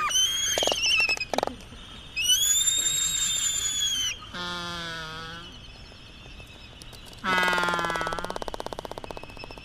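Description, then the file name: Laysan albatross calls: loud harmonic squeals and a drawn-out moan, then another harmonic cry followed by a brisk rattle of fading clicks, with a constant high hum behind. "phoebastria immutabilis"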